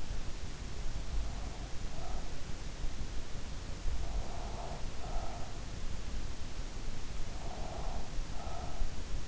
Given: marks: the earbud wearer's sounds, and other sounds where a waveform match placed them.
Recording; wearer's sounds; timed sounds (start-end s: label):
sounds in sleep by an in-ear microphone; breath
1.01-2.53 s: breath
3.61-6.00 s: breath
7.06-9.28 s: breath